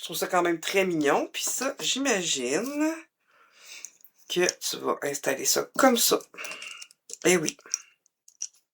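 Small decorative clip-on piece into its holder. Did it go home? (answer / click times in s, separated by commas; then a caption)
yes / 8.4 s. Someone talks while fitting a small decorative clip-on piece into its holder during an unboxing, with a few light taps in the quieter stretch. A sharp click at 8.4 s marks the piece clipping into place at the back, where it seats and holds firm.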